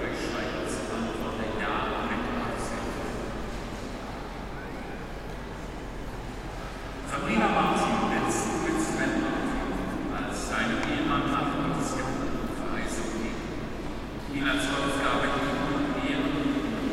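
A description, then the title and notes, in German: A hot summer Saturday afternoon on a cathedral square, with a dense crowd murmuring throughout. Voices swell around seven seconds and again near fourteen, with bright chatter and occasional clinks over a steady low hum of the open square. Ein heißer Samstag Sommernachmittag auf dem Münsterplatz: Touristen lecken genüßlich Eis; Kinder spielen fangen, erfrischen sich im Brunnen. Im Münster, auf´m Münster und ums Münster herum.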